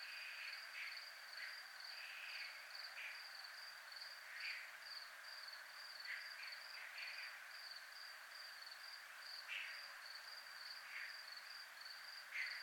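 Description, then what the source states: Crickets trilling in a steady high pulsed line, with softer rasping bursts rising and fading at irregular intervals beneath it. Recorded in a military zone.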